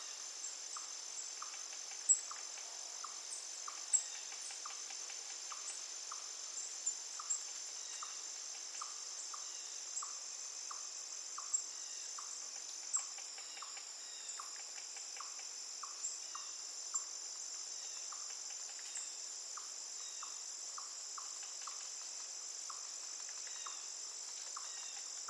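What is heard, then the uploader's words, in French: A forest bird chorus with a high, steady insect drone running unbroken throughout. A short, mid-pitched call repeats about twice a second, faint chirps scatter above it, and a few sharper clicks stand out near the start and middle. Harmonie Forestière: Chorale d'Oiseaux et Sérénité.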